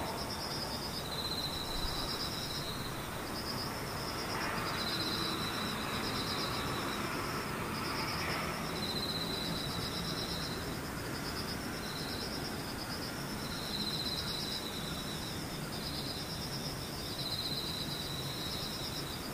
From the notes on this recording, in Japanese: ムシ